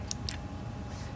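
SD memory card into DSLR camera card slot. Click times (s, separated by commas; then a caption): 0.1 s, 0.3 s. An SD memory card is pushed into a DSLR camera's card slot until it latches, giving two short, sharp clicks at 0.1 s and 0.3 s over a steady low background hum. The card is seated in the slot.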